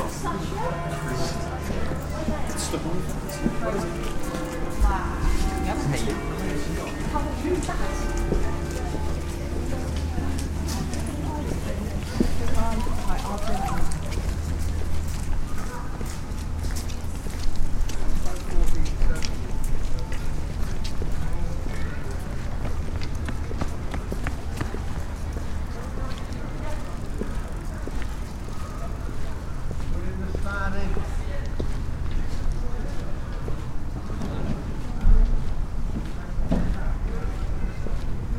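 A crowded walk through the City of York, with many overlapping voices chattering steadily throughout. Footsteps and clip-clop-like knocks on cobbles tap along, and a low steady hum runs beneath for the first fifteen seconds before the crowd noise thickens.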